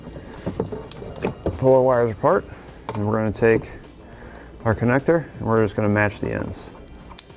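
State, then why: Seated. Someone talks while a plastic Curt T-connector plug for trailer wiring has its ends matched to the tail light harness connector on a 2017 Toyota Prius Prime and is pushed together. A sharp, loud click comes mid-push at 7.2 s as the connector seats.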